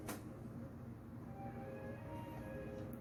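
The plastic locking flap on the ribbon cable connector of a PlayStation 3 disk drive is handled and about to be pushed down, with music playing steadily in the background and a brief noise burst at the start. Nothing has seated or clicked yet; the clip ends just before the lock snaps into place.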